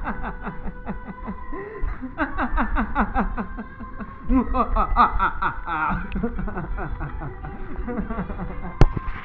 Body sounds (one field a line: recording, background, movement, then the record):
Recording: laughter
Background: music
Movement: walking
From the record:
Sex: male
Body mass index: 21.0 kg/m2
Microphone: on the chest, facing the body